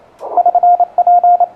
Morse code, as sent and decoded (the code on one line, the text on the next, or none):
...-. .--.
<SN>P